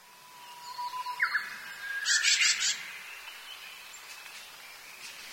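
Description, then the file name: Japanese tit giving one short upward note, then a harsh buzzy rattle of several rapid pulses, over a quiet hissing background. "shijukara"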